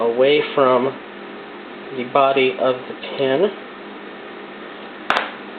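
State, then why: Seated. A crimped wire pin on MOSFET trigger wiring, with its locking tabs bent back up away from the pin body, is pushed back into its plastic connector housing while someone talks. Speech fills the first three and a half seconds, then a quiet stretch, then one sharp, short click at 5.1 s as the pin seats into the housing.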